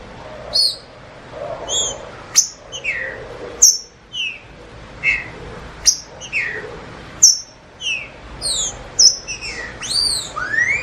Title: Trinca Ferro NICÃ O No Mato Disputando Com Solto